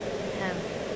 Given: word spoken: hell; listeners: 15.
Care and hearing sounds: one English word in noise, from a listening test; speech-shaped noise; -4.7 dB; 0 of 15; 6 of 15; 0.56 s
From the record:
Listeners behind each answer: 6, 2, 2, 1, 1, 1, 1, 1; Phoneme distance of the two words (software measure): 10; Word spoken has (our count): 1 syllable, 3 phonemes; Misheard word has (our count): 1 syllable, 3 phonemes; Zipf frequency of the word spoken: 4.89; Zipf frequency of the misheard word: 3.36

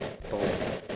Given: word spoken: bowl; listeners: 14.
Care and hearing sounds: one English word in noise, from a listening test; noise modulated by three-talker babble; -3.9 dB; 1 of 14; 10 of 14; 0.56 s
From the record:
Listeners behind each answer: 10, 2, 1, 1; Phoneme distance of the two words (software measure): 7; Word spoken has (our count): 1 syllable, 3 phonemes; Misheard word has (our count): 1 syllable, 4 phonemes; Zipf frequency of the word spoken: 4.69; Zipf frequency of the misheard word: 4.12

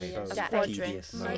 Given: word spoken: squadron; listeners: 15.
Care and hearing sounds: one English word in noise, from a listening test; four-talker babble; -1.0 dB; 0 of 15; 6 of 15; 0.98 s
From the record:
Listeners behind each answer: 6, 4, 1, 1, 1, 1, 1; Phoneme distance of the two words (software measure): 61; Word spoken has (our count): 2 syllables, 8 phonemes, stress on syllable 1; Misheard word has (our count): 2 syllables, 5 phonemes, stress on syllable 2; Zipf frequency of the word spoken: 3.55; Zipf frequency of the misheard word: 3.82

